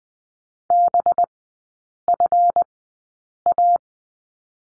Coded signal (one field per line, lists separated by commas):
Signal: Morse code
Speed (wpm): 20 wpm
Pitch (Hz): 700 Hz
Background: none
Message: BFA